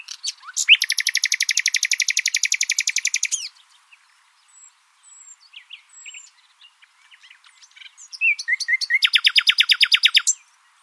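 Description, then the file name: Common nightingale song: a long loud rapid trill of repeated notes, a quiet pause with thin whistles, then another fast rattling trill. "Luscinia megarhynchos"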